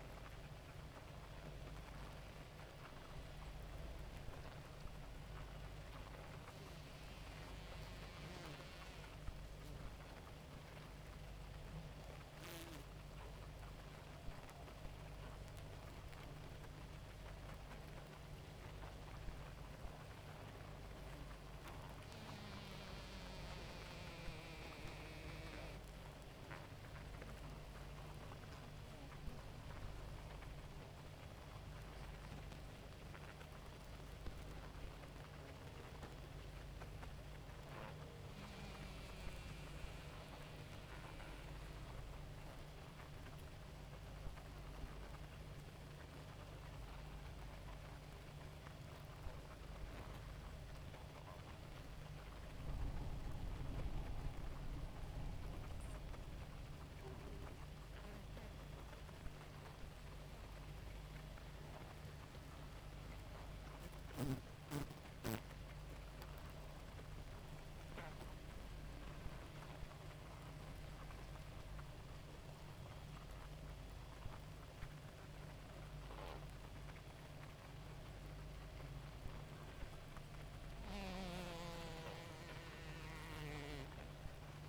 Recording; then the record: honeybee colony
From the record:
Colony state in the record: active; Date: 28 July 2017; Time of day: 2:50